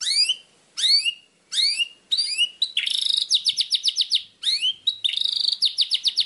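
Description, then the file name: White-rumped shama song: several sweeping whistled notes in a row, then rapid pulsing buzzy trills and more whistled phrases. Training recording of murai batu song intended for teaching captive songbirds, known as masteran. "suara masteran murai batu"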